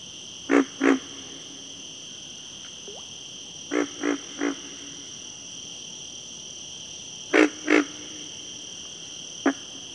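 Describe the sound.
Pig frog calling with deep grunts in quick pairs and triplets, bursts spaced a few seconds apart, against a continuous shrill background whine.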